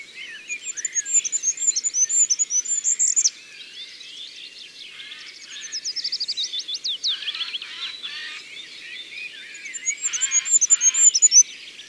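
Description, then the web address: Goldcrest song: thin high-pitched phrases of fast repeated notes, heard three times, with softer lower twittering notes between. "Roitelet huppe. abc de la nature"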